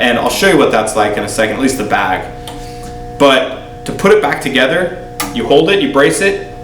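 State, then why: Not seated. Someone talks while holding and bracing the detachable neck of a travel acoustic guitar against its wooden body, ready to push it in, with guitar-like musical tones sounding throughout and a brief louder sound near 2.5 seconds. Nothing has seated or clicked yet; the neck is not yet home in the body joint.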